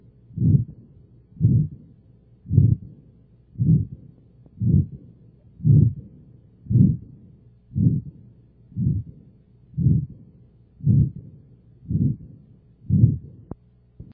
Systolic Heart Murmur.